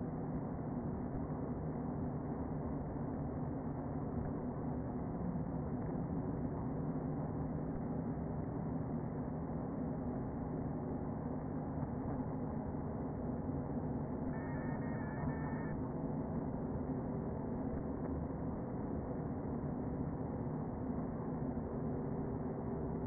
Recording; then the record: honeybee colony, microphone inside the hive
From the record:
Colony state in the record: queen present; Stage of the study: before two queens were removed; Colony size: about 60,000 bees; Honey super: yes